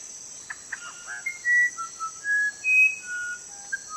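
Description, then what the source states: Musician wren singing a run of flute-like whistled notes at shifting pitches, after a brief rattle, with constant insect buzzing in the background. One of five birds presented singing in nature.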